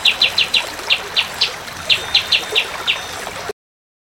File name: kapas tembak